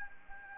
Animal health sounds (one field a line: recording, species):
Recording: mosquito wingbeat signal from an infrared sensor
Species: Anopheles gambiae